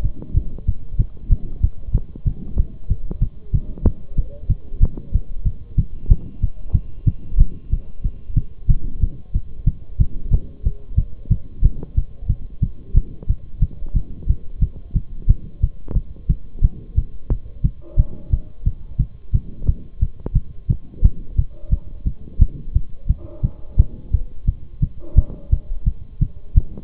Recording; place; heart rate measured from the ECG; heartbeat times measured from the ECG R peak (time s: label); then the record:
heart sounds by stethoscope; between the tricuspid and mitral areas; 181 bpm
0.04 s: heartbeat
0.36 s: heartbeat
0.67 s: heartbeat
0.99 s: heartbeat
1.31 s: heartbeat
1.63 s: heartbeat
1.94 s: heartbeat
2.26 s: heartbeat
2.58 s: heartbeat
2.90 s: heartbeat
3.22 s: heartbeat
3.54 s: heartbeat
3.86 s: heartbeat
4.18 s: heartbeat
4.50 s: heartbeat
4.82 s: heartbeat
5.14 s: heartbeat
5.46 s: heartbeat
5.78 s: heartbeat
6.10 s: heartbeat
6.42 s: heartbeat
6.74 s: heartbeat
7.07 s: heartbeat
7.39 s: heartbeat
7.72 s: heartbeat
8.04 s: heartbeat
8.36 s: heartbeat
8.69 s: heartbeat
9.02 s: heartbeat
9.34 s: heartbeat
9.67 s: heartbeat
10.00 s: heartbeat
10.32 s: heartbeat
10.65 s: heartbeat
10.98 s: heartbeat
11.31 s: heartbeat
11.64 s: heartbeat
11.97 s: heartbeat
12.29 s: heartbeat
12.62 s: heartbeat
12.96 s: heartbeat
13.29 s: heartbeat
13.62 s: heartbeat
13.95 s: heartbeat
14.29 s: heartbeat
14.62 s: heartbeat
14.95 s: heartbeat
15.29 s: heartbeat
15.62 s: heartbeat
15.96 s: heartbeat
16.29 s: heartbeat
16.63 s: heartbeat
16.97 s: heartbeat
17.30 s: heartbeat
17.64 s: heartbeat
17.98 s: heartbeat
18.32 s: heartbeat
18.66 s: heartbeat
18.99 s: heartbeat
19.34 s: heartbeat
19.68 s: heartbeat
20.01 s: heartbeat
20.35 s: heartbeat
20.70 s: heartbeat
21.04 s: heartbeat
21.38 s: heartbeat
21.72 s: heartbeat
22.06 s: heartbeat
22.40 s: heartbeat
22.75 s: heartbeat
23.09 s: heartbeat
23.43 s: heartbeat
23.78 s: heartbeat
24.13 s: heartbeat
24.47 s: heartbeat
24.82 s: heartbeat
25.17 s: heartbeat
25.52 s: heartbeat
25.86 s: heartbeat
26.21 s: heartbeat
26.56 s: heartbeat
From the record:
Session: Bruce protocol treadmill stress test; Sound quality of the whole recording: partially saturated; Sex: male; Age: 23 years